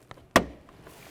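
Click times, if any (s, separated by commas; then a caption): 0.4 s. The door handle cable on a 2003-2007 Honda Accord rear interior door is aligned and pressed into the bracket on the back of the inside door handle. A faint tick comes at 0.1 s, then a sharp, bright click at 0.4 s that rings down over about a quarter second. The cable is seated in the bracket.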